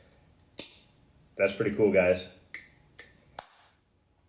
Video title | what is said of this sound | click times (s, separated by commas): Unboxing the Zentron USA Q50 thermal optic | nice flip cup so you can actually shade it and keep it back oh it kind of snaps back in place | 0.6 s